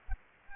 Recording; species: mosquito wingbeat signal from an infrared sensor; Aedes aegypti